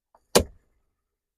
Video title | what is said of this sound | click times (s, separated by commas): Scamp Cabinet Door Fix: Easy DIY Support Install in 10 Minutes! | I can install this one it just snaps right into place there | 0.4 s